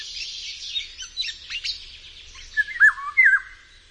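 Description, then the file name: Eurasian golden oriole fluted whistle phrase near the end, a short wavering yodel, preceded by scattered high chirps. "Wilga"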